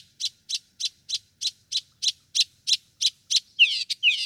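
Northern mockingbird song: raspy bursts repeated rapidly and evenly, about three per second, then sweeping harsher looping notes.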